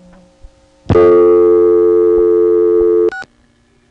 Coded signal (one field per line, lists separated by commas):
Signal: telephone call progress tone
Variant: North America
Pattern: dial tone